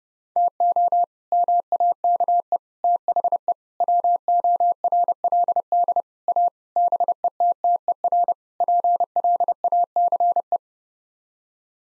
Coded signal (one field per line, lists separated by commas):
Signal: Morse code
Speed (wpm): 30 wpm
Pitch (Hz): 700 Hz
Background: none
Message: TO MAKE THE WORLD A BETTER PLACE